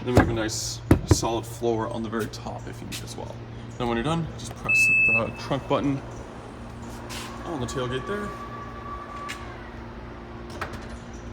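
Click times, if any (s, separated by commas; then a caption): 10.6 s. Someone talks about the rear cargo floor of a white 2017 Mazda CX-9 GS-L SUV, then presses the trunk button on the tailgate to close the power liftgate. There is a hum and a whirring tone, and at 10.6 s the liftgate latch on the SUV rear body catches with a single sharp thud-click, locking into place.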